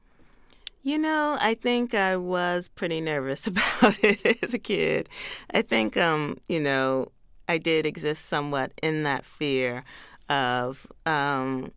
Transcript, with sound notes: You know, I think I was pretty nervous about it (laughter) as a kid. I think, you know, I did exist somewhat in that fear of